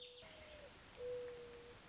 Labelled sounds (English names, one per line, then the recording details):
Mourning Dove
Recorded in Sonoma County, California